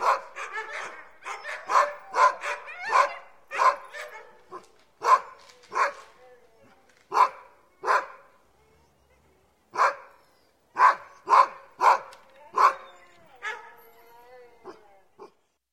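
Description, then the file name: Domestic dog (Husky) barks in bursts, quick runs of loud sharp barks separated by short pauses, ending with a few wavering yelps. Several huskies barking and howling. "Sound Ideas 2000 Series. Huskies Bark And Howl"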